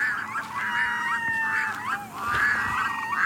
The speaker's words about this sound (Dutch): En zij hoorde daar, bij de monding van de rivier de Blanda, dag en nacht de roodkeelduiker, die daar Lomer of Slomert wordt genoemd. Nou, zo sloomkindelijk klinkt hij niet midden in de nacht. De roodkeelduiker.